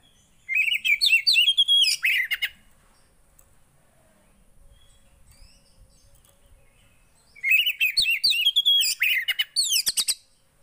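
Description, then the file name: Oriental magpie-robin song in two loud bursts of rapid whistled and rasping notes, separated by about five seconds of quiet. Song of a kacer played so a caged bird becomes agitated and responds. "Burung kacer anda langsung emosi dengar ini"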